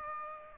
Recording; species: mosquito wingbeat signal from an infrared sensor; Aedes aegypti